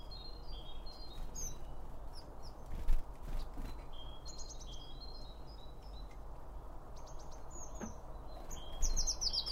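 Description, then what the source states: Birds chirping, with many short high tweets and trills scattered throughout, a louder burst near the end, over a steady low rumble. Birds around a bird feeder, recorded with two Line Audio OM1 microphones.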